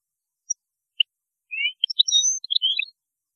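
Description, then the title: European goldfinch song, two single high notes then a quick liquid run of twittering, slurred and buzzy phrases lasting about a second and a half. "Chant Chardonneret"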